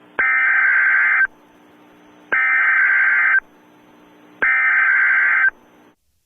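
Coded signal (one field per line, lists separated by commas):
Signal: Emergency Alert System (SAME) tones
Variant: header bursts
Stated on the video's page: Comedy remake, not a real alert.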